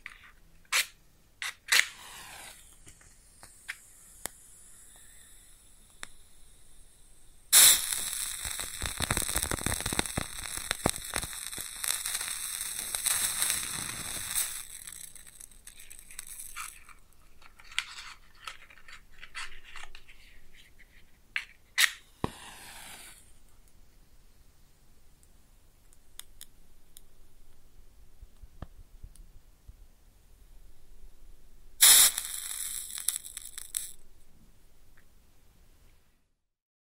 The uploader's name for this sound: Close Up Matching LightingExtinguishing Fire Crackles & Sizzles